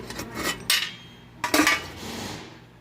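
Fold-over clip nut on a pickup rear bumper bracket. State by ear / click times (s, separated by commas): released / 0.7 s, 1.4 s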